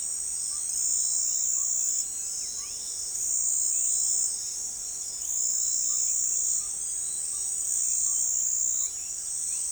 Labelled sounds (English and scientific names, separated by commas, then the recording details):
none
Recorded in forest near Pivijay, Magdalena, Colombia, on 4 June 2023 at 05:00
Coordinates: 10.467, -74.380
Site Z5-G034